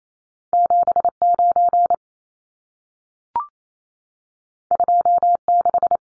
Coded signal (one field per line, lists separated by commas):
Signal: Morse code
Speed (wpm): 28 wpm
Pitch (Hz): 700 Hz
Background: none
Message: 79 26